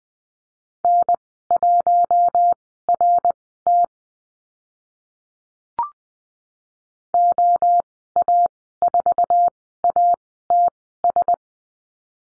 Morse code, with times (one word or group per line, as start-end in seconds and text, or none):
0.8-3.8 N1RT
7.1-11.3 OA4ATS